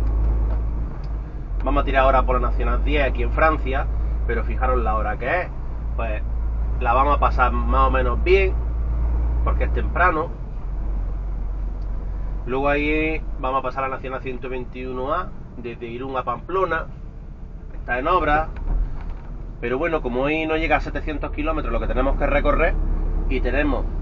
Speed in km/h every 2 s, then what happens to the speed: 16, 21, 22, 22, 23, 23, 24, 22, 20, 17, 16, 13.
0-4 speeds up to 22. 4-12 steady at about 23. 12-24 slows to 13.